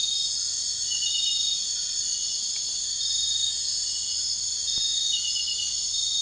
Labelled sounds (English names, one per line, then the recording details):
none
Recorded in dense forest near Puerto Asís, Putumayo, Colombia, on 21 March 2025 at 00:00
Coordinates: 0.484, -76.317
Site G064